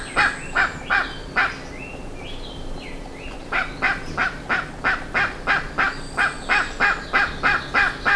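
Bird giving rapid harsh calls, pausing briefly while softer whistled notes sound, then resuming a steady run of rough notes about three a second.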